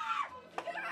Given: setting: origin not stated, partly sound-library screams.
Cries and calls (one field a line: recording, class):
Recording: one-second piece from a danger detection set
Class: woman in danger